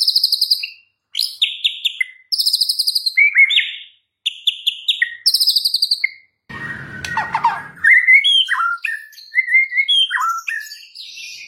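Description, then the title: White-rumped shama pouring out fast trilled phrases and ringing whistles, interrupted by a brief harsh noisy burst, then a run of lower fluty notes. Tutor song with full ngerol and nembak song styles. "Masteran Murai Batu Full Ngerol Nembak"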